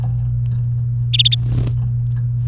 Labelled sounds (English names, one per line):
Domestic Canary song